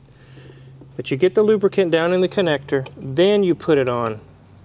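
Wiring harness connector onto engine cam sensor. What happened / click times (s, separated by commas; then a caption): The connector is being prepared and handled but has not clicked home yet / none. A person talks while handling a plastic weatherproof wiring harness electrical connector that has been cleaned with compressed air and had silicone lubricant sprayed into it, ready to be pushed onto an engine cam sensor. A low steady hum runs underneath the talking. The connector has not seated or clicked yet.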